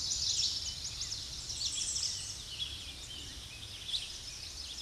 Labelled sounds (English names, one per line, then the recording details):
American Redstart song
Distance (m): 35 m
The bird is about 10 m above the microphone
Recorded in a Pennsylvania forest on 16 May 2024 at 06:53
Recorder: AudioMoth, point MSD-0263
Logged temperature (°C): 16.0 °C
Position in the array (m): 123 m, 205 m